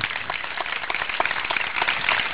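An audience applauds, a dense, steady patter of many hands clapping at once that holds at an even loudness for the whole stretch, with no voices over it.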